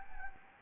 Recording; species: mosquito wingbeat signal from an infrared sensor; Anopheles gambiae